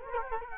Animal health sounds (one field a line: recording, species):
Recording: mosquito wingbeat signal from an infrared sensor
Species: Culex quinquefasciatus